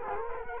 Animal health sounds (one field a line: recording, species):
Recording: mosquito wingbeat signal from an infrared sensor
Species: Culex quinquefasciatus